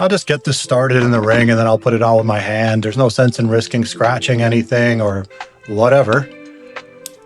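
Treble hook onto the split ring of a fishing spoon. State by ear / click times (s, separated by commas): seated / 7.1 s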